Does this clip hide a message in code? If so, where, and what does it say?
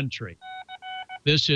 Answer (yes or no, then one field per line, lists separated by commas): no